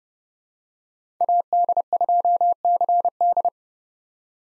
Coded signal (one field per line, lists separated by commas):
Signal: Morse code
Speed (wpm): 30 wpm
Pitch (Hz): 700 Hz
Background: none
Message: AD2CD